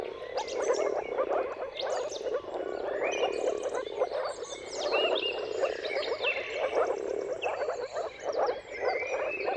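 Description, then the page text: Bubbling moor frog calls merge into a constant chorus, swelling and easing, with birds singing above. Chorus of many moor frogs giving mating calls at sunrise, turn of March and April, timing depending on weather. "Dawn’s Chorus: Mating Calls of Marsh Frogs at Sunrise. Depending on the weather at the turn of March and April, you can witness an amazing spectacle of moor frogs. Jakub-Orzecki moor frogs"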